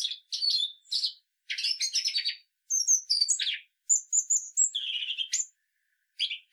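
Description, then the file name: European robin singing rapid, varied high phrases of thin whistles, trills and tinkling notes, bursts separated by brief pauses; no other sounds. "Erithacus rubecula"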